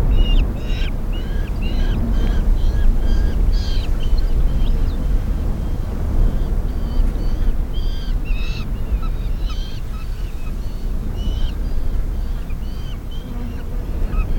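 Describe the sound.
Black falcon giving a rapid chattering series of harsh, repeated notes in bursts, over a strong low rumble.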